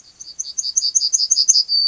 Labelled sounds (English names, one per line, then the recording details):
Yellowhammer song
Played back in grassland
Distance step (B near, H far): B
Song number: 133